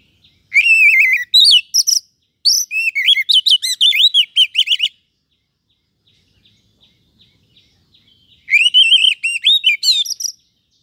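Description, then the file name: Oriental magpie-robin song: quick bursts of loud, sweet, fluty whistles and trills, a pause with faint notes, then another whistled phrase. "Suara-Kacer-Versi-1"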